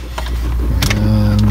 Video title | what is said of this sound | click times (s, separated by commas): How I made my 2003 C5 Corvette Z06 6 Speed Shifter Smooth Like Butter | box thing they just snap right in | 0.8 s